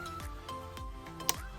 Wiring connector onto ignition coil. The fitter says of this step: Voilà, il est clipsé.